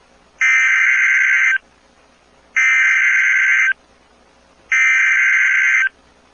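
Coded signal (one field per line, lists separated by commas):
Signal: Emergency Alert System (SAME) tones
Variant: header bursts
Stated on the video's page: Real EAS tornado warning from a National Weather Service office, with EAS activation requested.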